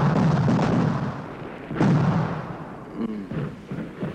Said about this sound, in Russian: Взрывной волной сдувает табак. Командир артиллерии смотрит в бинокль. Вдали взрываются снаряды.